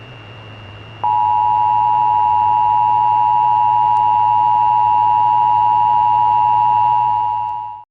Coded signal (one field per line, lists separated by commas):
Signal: Emergency Alert System (SAME) tones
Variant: 853 and 960 Hz attention tone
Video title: Eas civil emergency message